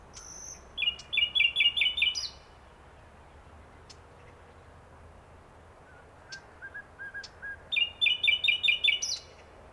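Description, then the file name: Common nightingale song: two bursts of rapid, repeated metallic notes near the same pitch, with sharp high clicks, separated by a quiet pause with faint soft notes. "Luscinia megarhynchos"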